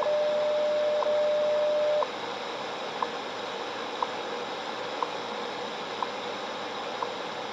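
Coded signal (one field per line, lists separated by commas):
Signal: radio time signal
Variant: WWV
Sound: steady low tone for two seconds, then sharp ticks once per second through hiss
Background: radio static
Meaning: Each tick marks one second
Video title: WWV time signal 10000 KHz received on Realistic DX-55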